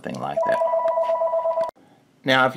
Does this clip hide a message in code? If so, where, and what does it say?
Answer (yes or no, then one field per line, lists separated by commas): no